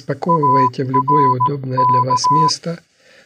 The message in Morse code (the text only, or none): ARK